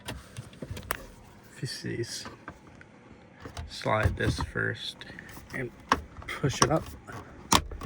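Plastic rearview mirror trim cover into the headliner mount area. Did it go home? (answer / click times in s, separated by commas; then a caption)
yes / 7.5 s. A plastic trim cover at the rearview mirror of a Tesla Cybertruck is slid into position first, then pushed up into the headliner mount area while someone talks, with light plastic handling taps throughout. A sharp click at 7.5 s marks its clips engaging, and the cover is seated in place.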